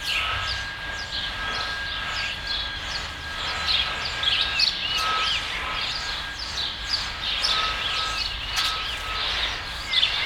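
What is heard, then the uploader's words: An outdoor field recording of a steady, dense city soundscape. Busy bird chirping and chatter fill the upper range throughout, over a low rumble of traffic. A thin, steady whine, like a rail or machine hum, runs through most of the ten seconds. In July of 2013 I made a series of field recordings around Telliskivi for a friend who was collecting material on 'soundscapes of creative industries'.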